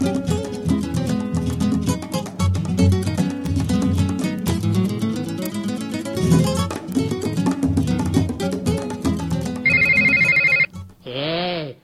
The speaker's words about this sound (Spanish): Está sonando el teléfono y no te diste cuenta.